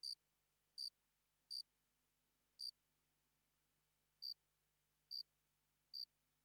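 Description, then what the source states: Cricket making short shrill chirps, a quick series of four, a pause of over a second, then three more. Single cricket, sparse calling.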